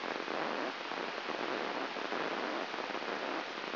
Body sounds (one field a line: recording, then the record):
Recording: brain microelectrode recording played as sound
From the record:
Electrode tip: inside the subthalamic nucleus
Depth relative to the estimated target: 3 mm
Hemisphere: right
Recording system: AlphaMap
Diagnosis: Parkinson's disease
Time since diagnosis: 10 years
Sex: female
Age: 63 years